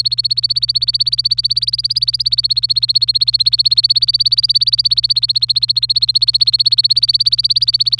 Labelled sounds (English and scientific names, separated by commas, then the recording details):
Domestic Canary (Serinus canaria) song
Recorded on 25 April 2018 at 17:07
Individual llb3